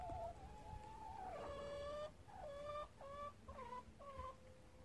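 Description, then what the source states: Chicken calls, a drawn-out wavering cackle followed by several short nasal squawks in quick succession, over low background rumble. Henhouse with a rooster present.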